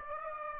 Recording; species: mosquito wingbeat signal from an infrared sensor; Aedes aegypti